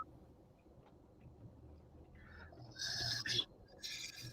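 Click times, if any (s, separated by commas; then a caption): none. A plastic socket is held at an angle against the ball end of a model chest piston, lined up before being pushed on. A low, steady hum runs underneath quiet handling, with brighter scraping rustles from about 2.8 to 3.4 seconds and again from 3.8 seconds. Nothing has seated or clicked yet.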